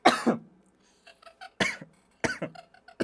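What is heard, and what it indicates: Three or four harsh, abrupt cough bursts from an adult man, a host who cannot stop coughing, over a few seconds, separated by brief pauses and faint murmured fragments, with a short sustained vocal sound at the start. A repeated, persistent cough that interrupts his speech.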